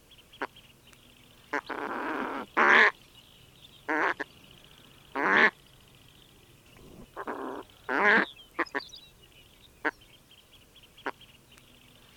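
Bird giving harsh, nasal squawks in short uneven bursts, some pairs close together, over a steady high insect drone.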